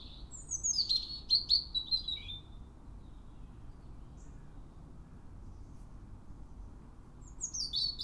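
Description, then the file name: European robin song: a warbled phrase of thin, high, wavering notes at the start, a long pause, then another phrase beginning at the close. "Erithacus rubecula"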